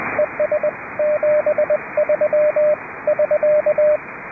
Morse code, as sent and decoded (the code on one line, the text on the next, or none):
. ... --... ...-- / ...-.-
ES73 <SK>